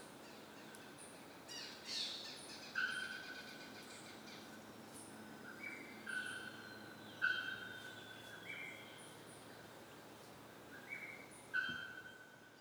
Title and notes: Chants d'oiseaux dans la forêt tropicale de ilha grande, Brésil